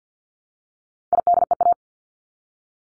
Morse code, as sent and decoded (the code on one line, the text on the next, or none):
.. -.. . .-
IDEA